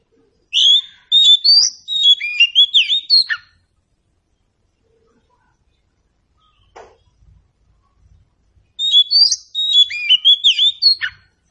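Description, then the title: Oriental Magpie-Robin song: two vigorous bursts of loud whistles, chips and quick warbles, separated by about five seconds of near silence with a faint click. Local name kacer; meant to prompt a bird to sing in reply. "Nyaut Kacer"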